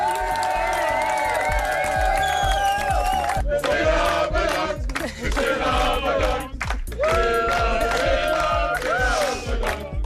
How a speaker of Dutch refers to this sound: En gistermiddag werd ze op het eindpunt in Den Haag opgewacht door collega's, vrienden en familie. Horen we bij Hart van Nederland. Overdovend applaus!